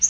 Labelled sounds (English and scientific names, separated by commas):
Yellow-rumped Warbler (Setophaga coronata) flight call